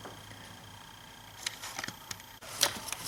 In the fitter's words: push it in until you hear it click and good to go.